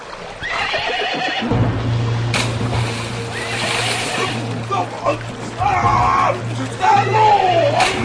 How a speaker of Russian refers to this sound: Ну, вот и Москва-река, князь. Где будем переправляться на тот берег? Надо брод искать. Эй, дружинник мой верный, попробуй-ка здесь перейти реку верхом на коне. Дружинник повиновался.